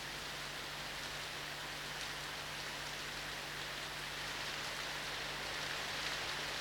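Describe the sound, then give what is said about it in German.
Steady rain pours down by a roadside in an even, dense hiss that holds constant throughout, with a faint low hum running underneath and no voices. “Der Regen am Straßenrand.”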